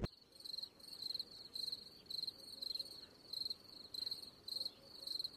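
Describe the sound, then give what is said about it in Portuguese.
A cicada chirps in a steady rhythm of short, shrill, high-pitched buzzing bursts, about a dozen pulses repeating evenly with brief gaps, with no voices over it. “Pra quem é Cigarra Jazz?”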